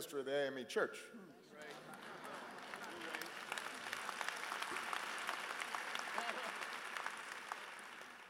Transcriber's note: applause